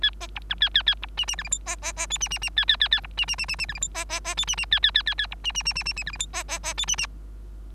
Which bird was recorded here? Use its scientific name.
Lonchura striata domestica